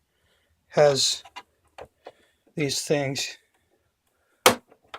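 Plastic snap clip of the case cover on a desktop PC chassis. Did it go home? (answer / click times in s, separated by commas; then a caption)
released / 4.5 s. Someone talks while prying the plastic case cover of a small desktop PC along the bottom and back, where the cover has snap clips. One plastic snap clip lets go with a sharp, loud click at 4.5 s, followed by a few faint ticks. The clip is released and the cover panel is open at that point.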